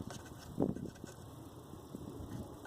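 A screwdriver pries the plastic locking tab out of the electrical connector on the throttle body of a 2013 Dodge Charger V6. A sharp, short snap at 0.6 s marks the tab releasing over a steady low background hum, so the connector can be pulled off.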